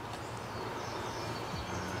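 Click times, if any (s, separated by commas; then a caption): none. The adapter cover on a Rain-X Latitude wiper blade is opened and the blade is lined up under the large J-hook wiper arm of a 2010 Mazda 3. Only a steady low rumble and broadband hiss are heard, with no hits or sudden sounds. Nothing has seated or clicked yet.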